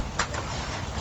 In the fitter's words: until you hear the clicks